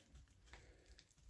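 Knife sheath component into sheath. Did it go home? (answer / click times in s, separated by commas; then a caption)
no / none. A part of a Lord + Field Frontiersman survival knife sheath is handled and pressed toward its place in the sheath, with faint rustling and a few small, quiet ticks around 0.5 s and 1.0 s. The part has not yet snapped into place; nothing has seated or clicked by the end.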